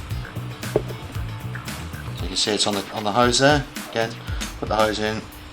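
A hydraulic brake hose from a Hope Tech 3 E4 disc brake is being handled at a plastic cable-guide clip on a mountain bike frame, with the hose fitted into the clip. Someone talks over background music, with brief handling ticks near 0.6, 0.8, 1.6 and 1.7 seconds. The hose has not yet been pushed through and nothing has clicked into place by the end of the clip.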